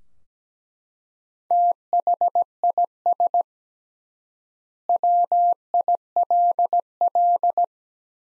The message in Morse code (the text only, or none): THIS WILL